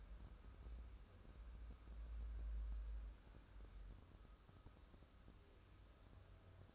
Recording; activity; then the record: daily activity, microphone in the room; wipe stove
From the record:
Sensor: 2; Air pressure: 1015.0 hPa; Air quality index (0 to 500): 41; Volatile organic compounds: 1 ppm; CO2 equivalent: 588 ppm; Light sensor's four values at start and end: 13/35/13/15 and 13/35/13/15